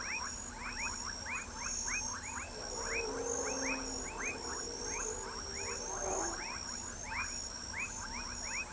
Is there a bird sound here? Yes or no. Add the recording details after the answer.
no. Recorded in pastures near Pivijay, Magdalena, Colombia, on 1 June 2023 at 19:30. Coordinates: 10.456, -74.369. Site P6-G026